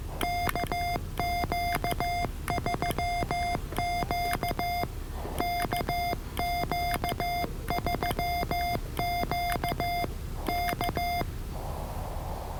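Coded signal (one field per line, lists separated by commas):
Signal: Morse code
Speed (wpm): 15 wpm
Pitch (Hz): 700 Hz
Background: none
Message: KQ3Q KQ3Q K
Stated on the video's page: Morse copying practice from a POTA park activation at Biscayne National Park, reached by boat.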